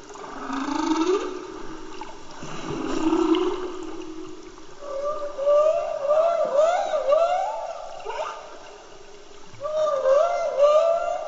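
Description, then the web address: Humpback whale song: low moaning tones, then a run of rising, swooping whoops, with a brief pause before the phrases return. Recorded in Antarctica. "Antarctia Bultrug Humpback Whale Song"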